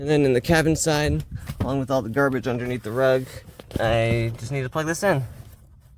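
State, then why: Not seated. Someone talks while handling the plastic wiring connector of a replacement oxygen sensor on a 2000 Toyota Celica GT, about to push it into its mating vehicle harness plug under the cabin-side rug. The speech runs through most of the clip and fades at the end. Nothing has seated or clicked yet.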